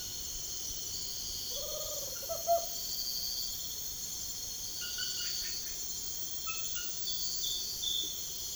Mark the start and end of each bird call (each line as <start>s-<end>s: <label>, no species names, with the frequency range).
1.46s-2.71s: bird call (0.3-1.7 kHz)